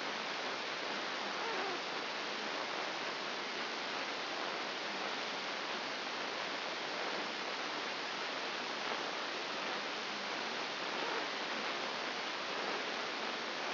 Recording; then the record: brain microelectrode recording played as sound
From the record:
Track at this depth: outside the subthalamic nucleus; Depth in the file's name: 5.701 mm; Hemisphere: left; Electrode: 2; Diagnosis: Parkinson's disease